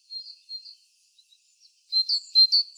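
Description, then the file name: Great tit calls: a few soft high notes, a quiet gap, then a series of loud, sharp chirps in quick succession. "Parus major"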